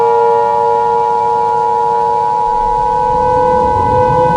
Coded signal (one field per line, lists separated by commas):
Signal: Emergency Alert System (SAME) tones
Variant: 853 and 960 Hz attention tone